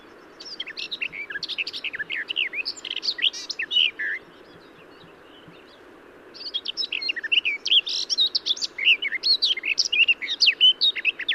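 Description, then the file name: Garden warbler song, a hurried, even warble of mixed whistled and scratchy notes, one phrase of about three and a half seconds, a short gap, then another sustained burst. "Garden-Warbler -Sylvia-borin"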